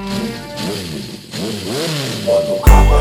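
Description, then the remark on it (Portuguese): A modified small CG motorcycle engine revs in repeated buzzy bursts, its pitch swooping up and down, before a loud booming hit cuts in at the end. “Motor alterado, CGzinha, racha o boca 8.”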